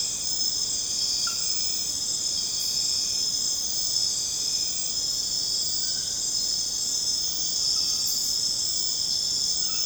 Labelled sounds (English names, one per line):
none